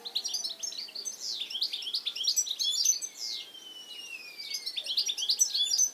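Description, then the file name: European goldfinch twittering: continuous quick chirps and tinkling notes, broken midway by a long, thin, falling whistle before the busy chatter resumes. "Carduelis carduelis"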